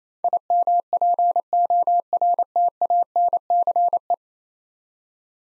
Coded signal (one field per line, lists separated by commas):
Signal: Morse code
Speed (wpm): 28 wpm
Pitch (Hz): 700 Hz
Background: none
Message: IMPORTANCE